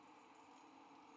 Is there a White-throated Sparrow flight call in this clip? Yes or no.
no